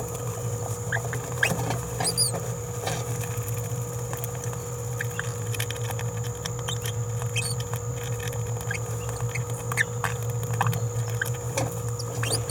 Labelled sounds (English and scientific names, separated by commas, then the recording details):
Green-rumped Parrotlet (Forpus passerinus) babbling
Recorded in a nest box in Venezuela
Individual 18B17A4